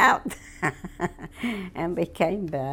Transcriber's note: she laughs